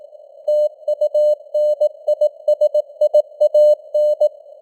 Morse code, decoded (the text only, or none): TUNISIAN